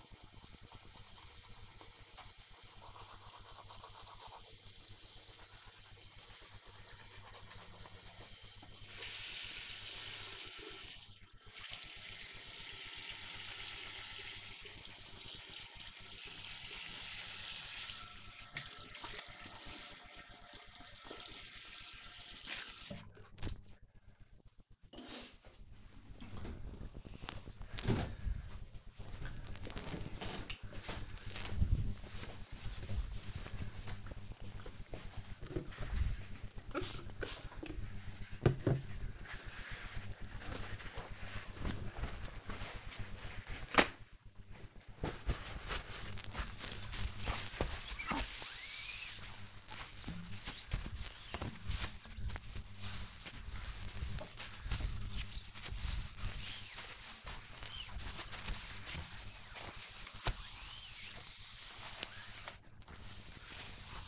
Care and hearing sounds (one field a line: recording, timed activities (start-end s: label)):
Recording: household activities, microphone on the right wrist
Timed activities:
0.00-22.28 s: brushing teeth
36.40-64.08 s: window cleaning